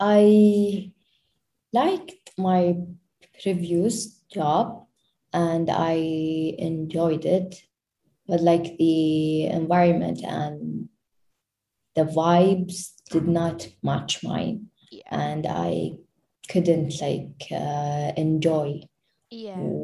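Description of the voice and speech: An adult woman who stutters speaks in short bursts, with drawn-out vowels on "I", "my", "the" and "uh", and silent gaps of up to a second in mid-phrase. These prolongations and blocks are typical of stuttering in an adult who stutters.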